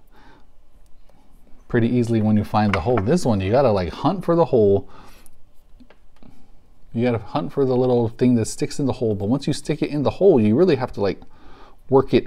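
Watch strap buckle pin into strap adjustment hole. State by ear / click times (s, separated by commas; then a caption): not seated / none. Someone talks while fumbling the deployant buckle pin of an Artem sailcloth watch strap against the strap, hunting for the adjustment hole. Small tapping and scraping sounds come between the speech, around 5.3 to 6.2 seconds. Nothing has seated or clicked yet.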